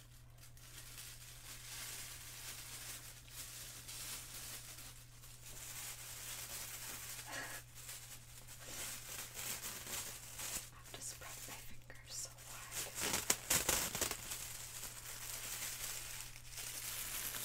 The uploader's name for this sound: GLOVE Sounds (Latex, Fabric, Etc.)